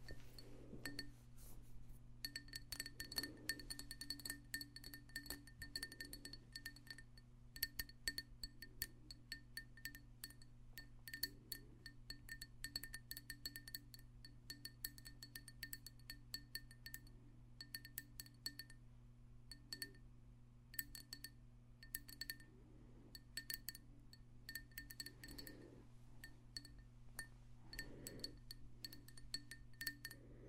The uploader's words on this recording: ASMR Extra Tingly Tapping No Talking.